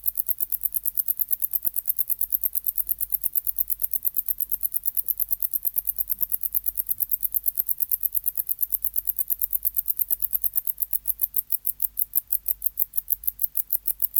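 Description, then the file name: Wart-biter song: evenly paced, sharp high ticks repeated rapidly throughout, with a low hum underneath. "Decticus verrucivorus"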